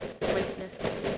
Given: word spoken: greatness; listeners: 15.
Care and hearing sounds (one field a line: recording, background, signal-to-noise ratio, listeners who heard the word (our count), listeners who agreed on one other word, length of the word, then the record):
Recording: one English word in noise, from a listening test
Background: noise modulated by three-talker babble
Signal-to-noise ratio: -7.1 dB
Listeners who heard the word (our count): 1 of 15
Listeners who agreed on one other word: 6 of 15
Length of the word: 0.78 s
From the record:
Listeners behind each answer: 6, 6, 1, 1, 1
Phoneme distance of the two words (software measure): 37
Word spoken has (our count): 2 syllables, 7 phonemes, stress on syllable 1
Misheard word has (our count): 2 syllables, 6 phonemes, stress on syllable 1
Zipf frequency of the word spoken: 3.34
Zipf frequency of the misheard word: 3.83